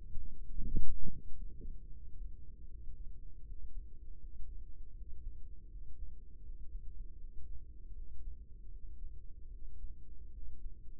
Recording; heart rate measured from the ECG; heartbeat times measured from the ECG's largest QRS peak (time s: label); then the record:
heart sounds by microphone in the right ear; 78 bpm
0.25 s: heartbeat
1.08 s: heartbeat
1.88 s: heartbeat
2.66 s: heartbeat
3.43 s: heartbeat
4.18 s: heartbeat
4.93 s: heartbeat
5.68 s: heartbeat
6.42 s: heartbeat
7.17 s: heartbeat
7.92 s: heartbeat
8.69 s: heartbeat
9.48 s: heartbeat
10.30 s: heartbeat
From the record:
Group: healthy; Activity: breath hold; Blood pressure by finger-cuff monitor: 112/84 mmHg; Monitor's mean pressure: 93 mmHg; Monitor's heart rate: 76 bpm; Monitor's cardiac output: 5.3 L/min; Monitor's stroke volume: 68 mL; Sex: female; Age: 32 years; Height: 172 cm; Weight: 71.7 kg